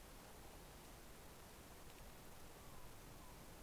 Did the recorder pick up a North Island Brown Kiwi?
no